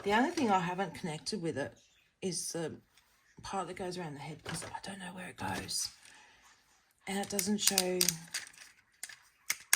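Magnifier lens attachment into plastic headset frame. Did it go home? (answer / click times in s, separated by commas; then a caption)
yes / 9.5 s, 9.7 s. Someone talks while magnifier lens attachments are pushed into a plastic magnifier headset frame. Sharp clicks at 9.5 s and 9.7 s mark the lens pieces seating into the headset.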